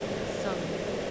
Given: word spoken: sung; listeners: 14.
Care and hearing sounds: one English word in noise, from a listening test; speech-shaped noise; -6.7 dB; 3 of 14; 6 of 14; 0.71 s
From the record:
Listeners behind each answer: 6, 3, 1, 1, 1, 1, 1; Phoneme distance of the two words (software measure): 10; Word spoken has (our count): 1 syllable, 3 phonemes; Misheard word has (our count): 1 syllable, 3 phonemes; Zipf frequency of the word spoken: 3.91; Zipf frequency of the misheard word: 5.01

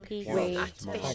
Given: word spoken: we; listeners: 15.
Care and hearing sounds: one English word in noise, from a listening test; four-talker babble; 0.3 dB; 3 of 15; 7 of 15; 0.75 s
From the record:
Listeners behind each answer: 7, 3, 2, 1, 1, 1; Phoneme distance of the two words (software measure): 17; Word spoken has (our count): 1 syllable, 2 phonemes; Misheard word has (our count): 1 syllable, 3 phonemes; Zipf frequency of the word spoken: 7.00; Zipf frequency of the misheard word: 4.74

